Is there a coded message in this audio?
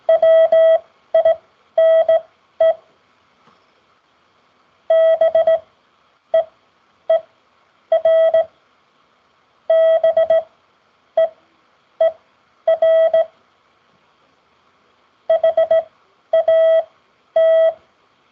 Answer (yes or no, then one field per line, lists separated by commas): yes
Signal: Morse code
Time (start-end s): 0.1-17.7 s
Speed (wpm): 17 wpm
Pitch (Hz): 650 Hz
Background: none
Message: WINE BEER BEER HAT